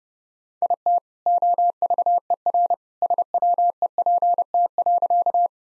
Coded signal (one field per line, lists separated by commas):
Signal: Morse code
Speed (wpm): 28 wpm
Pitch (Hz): 700 Hz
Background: none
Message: IT OVERSWEPT.